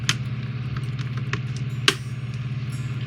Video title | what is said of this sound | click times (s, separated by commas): AMT STAR TREK U.S.S. Enterprise 1:650 Scale Longbox Reissue Build (Part 2 - The Base) | you hear that click | 1.9 s